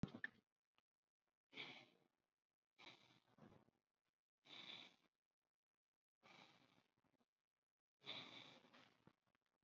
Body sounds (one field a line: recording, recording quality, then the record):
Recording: deep breathing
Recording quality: moderate, slight background noise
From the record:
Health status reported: COVID-19 positive, mild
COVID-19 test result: positive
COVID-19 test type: RT-PCR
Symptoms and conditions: cough, breathing difficulty, fatigue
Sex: male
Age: 30 years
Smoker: no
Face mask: not worn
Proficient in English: yes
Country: India